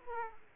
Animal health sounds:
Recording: mosquito wingbeat signal from an infrared sensor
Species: Aedes aegypti

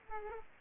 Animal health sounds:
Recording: mosquito wingbeat signal from an infrared sensor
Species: Aedes aegypti

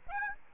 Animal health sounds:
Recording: mosquito wingbeat signal from an infrared sensor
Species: Aedes aegypti

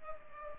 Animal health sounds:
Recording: mosquito wingbeat signal from an infrared sensor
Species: Culex pipiens

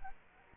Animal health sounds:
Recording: mosquito wingbeat signal from an infrared sensor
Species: Culex quinquefasciatus

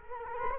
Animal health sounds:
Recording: mosquito wingbeat signal from an infrared sensor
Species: Culex quinquefasciatus

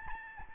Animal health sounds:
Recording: mosquito wingbeat signal from an infrared sensor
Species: Aedes albopictus

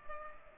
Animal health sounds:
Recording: mosquito wingbeat signal from an infrared sensor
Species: Culex pipiens

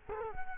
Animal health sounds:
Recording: mosquito wingbeat signal from an infrared sensor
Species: Culex quinquefasciatus

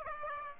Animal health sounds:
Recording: mosquito wingbeat signal from an infrared sensor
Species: Aedes aegypti

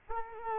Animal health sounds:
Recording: mosquito wingbeat signal from an infrared sensor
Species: Culex quinquefasciatus

